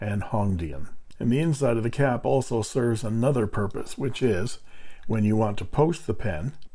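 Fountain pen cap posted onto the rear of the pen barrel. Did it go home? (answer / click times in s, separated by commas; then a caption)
no / none. A man talks while handling a 2022 Hongdian N7 piston filler fountain pen, about to post the cap onto the rear of the barrel, where it seats into threads with a positive click. Only speech is heard. The cap has not yet seated or clicked.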